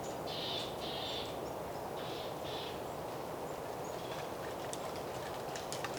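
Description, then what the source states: Goldcrest calls: short, thin, very high notes in small clusters in the first three seconds, over a steady roar of wind, with a few faint ticks later. Goldcrests in spruces at Rogoźnik, Lesser Poland, Poland, with wind and snow falling from the trees; recorded on MixPre-6 with Sennheiser MKH 30 and 50 microphones in MS setup.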